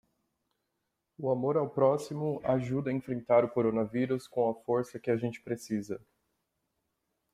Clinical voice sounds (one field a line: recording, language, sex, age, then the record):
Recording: spoken sentence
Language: Brazilian Portuguese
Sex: male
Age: 20 to 29 years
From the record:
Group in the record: control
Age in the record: 28 years